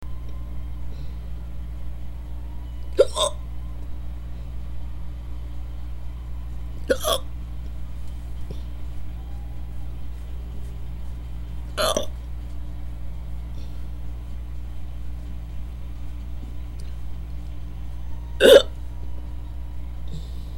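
Four sharp, abrupt gulping clicks come at irregular intervals of roughly four to seven seconds over a steady low background hum. These are an adult's induced hiccups, brief involuntary catches of breath.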